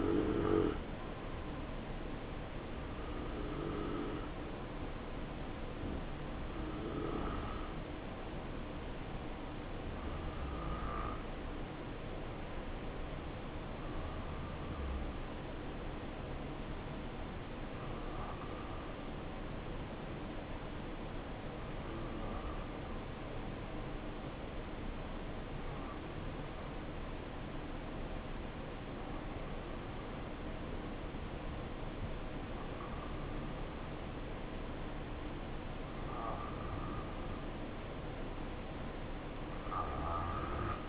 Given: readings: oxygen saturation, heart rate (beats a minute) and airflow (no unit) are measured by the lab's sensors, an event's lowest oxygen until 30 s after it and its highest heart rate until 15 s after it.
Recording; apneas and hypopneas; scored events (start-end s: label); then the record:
breathing in sleep by a voice recorder at the bedside; none
7.00-40.89 s: new sleep stage, N2 (light sleep)
From the record:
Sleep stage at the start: N1 (lightest sleep); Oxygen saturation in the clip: 89 to 93%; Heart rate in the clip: 62 to 67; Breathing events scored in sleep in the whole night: 277 in 7.4 hours asleep